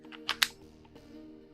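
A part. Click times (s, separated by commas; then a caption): 0.4 s. The release button on a quick release base is pressed, freeing the camera base plate from the clamp with a sharp click at 0.4 s. A softer click comes just before at 0.3 s, and a steady low hum runs underneath throughout.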